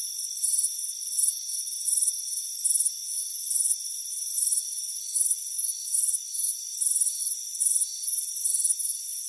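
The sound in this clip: Shrill cricket chirping in repeated short bursts above a constant high background trill.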